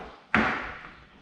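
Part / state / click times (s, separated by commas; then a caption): torque wrench on spindle nut of car wheel hub / torque reached / 0.3 s. A torque wrench tightening a new spindle (axle) nut on the wheel hub of an Impala SS clicks sharply at 0.3 s, reaching its torque setting. The click is a sudden, loud broadband crack that rings down slowly over the rest of the clip.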